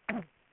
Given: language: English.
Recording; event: throat vibration sensor signal played as sound; cough